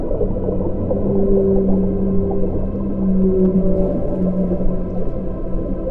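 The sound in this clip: Whale song: long, steady tonal moans with a higher harmonic, in several drawn-out units over a constant low rumble of water noise.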